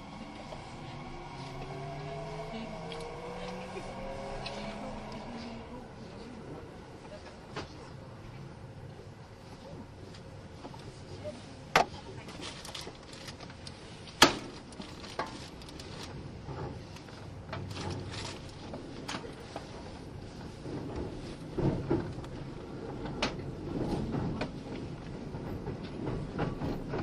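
Aboard the Kintetsu 80000 series Hinotori train, a steady low rumble runs throughout, with rising motor whine early and sharp clicks near 12 and 14 seconds.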